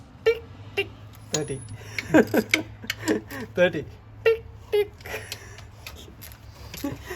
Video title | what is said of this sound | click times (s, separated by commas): Jeep Liberty KK 2009 Radiator and Water pump Replacement | wrench click noise | 0.3 s